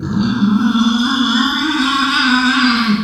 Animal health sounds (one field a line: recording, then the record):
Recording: squeal of a Yucatan mini pig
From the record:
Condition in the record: after surgery on the right vocal fold (resection and tissue-engineered implant)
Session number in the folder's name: 14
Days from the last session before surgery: 133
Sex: female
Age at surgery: 19 weeks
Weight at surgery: 25 kg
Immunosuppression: prednisolone